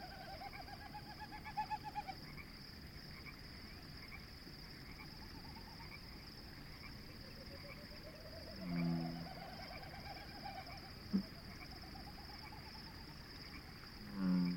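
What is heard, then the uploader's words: A dense evening frog chorus runs steadily throughout, topped by a constant thin high whine. Soft pulsing, rising-and-falling winnowing sounds drift in, while deep hoot-like calls come near 9 and 14 seconds, with a sharp tap around 11. Frogs and Snipe. This is an evening recording made at the Conboy Lake National Wildlife Refuge. I can identify, quite readily, the Bullfrogs and Pacific Chorus Frogs... This track is straight from the recorder, down-mixed to stereo from Double-MS, boosted +15db (despite the pre-amps already being open all the way), down sampled to 48kHz from 192kHz.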